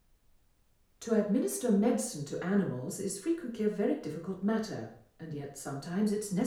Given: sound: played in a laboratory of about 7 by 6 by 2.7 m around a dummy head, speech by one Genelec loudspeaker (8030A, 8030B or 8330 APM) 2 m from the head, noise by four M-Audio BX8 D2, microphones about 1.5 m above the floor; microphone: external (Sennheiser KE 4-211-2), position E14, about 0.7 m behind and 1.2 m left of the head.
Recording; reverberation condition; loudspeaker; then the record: female speech in English; medium; 150 degrees to the right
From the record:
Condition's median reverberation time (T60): about 510 ms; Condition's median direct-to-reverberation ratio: about -0.5 dB